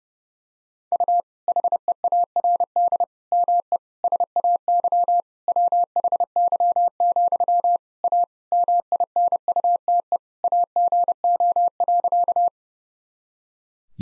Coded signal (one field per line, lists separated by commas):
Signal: Morse code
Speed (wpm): 28 wpm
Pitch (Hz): 700 Hz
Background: none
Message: U HEARD ME SAY WHY, A MINUTE AGO.